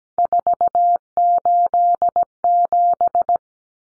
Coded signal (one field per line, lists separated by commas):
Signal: Morse code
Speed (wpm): 17 wpm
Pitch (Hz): 700 Hz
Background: none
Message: 487